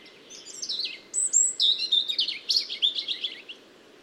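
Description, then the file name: European robin singing a long, varied phrase of high, thin whistles and quick tinkling trills, shifting up and down in pitch. "Erithacus rubecula"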